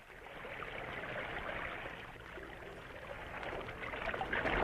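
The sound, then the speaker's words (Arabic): A steady wash of water sloshes and splashes without pause as a new small boat carrying a lone boy moves across open water toward a ship, brightening and growing a little louder toward the end. No voices are heard. “فتى وحيد في قارب جديد يريد أن يصعد إلى السفينة. قارب في وسط الماء، من أين جاء؟”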